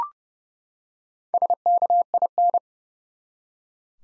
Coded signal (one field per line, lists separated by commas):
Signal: Morse code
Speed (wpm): 30 wpm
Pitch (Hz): 700 Hz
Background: none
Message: SKIN